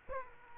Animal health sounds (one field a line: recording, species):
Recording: mosquito wingbeat signal from an infrared sensor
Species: Aedes aegypti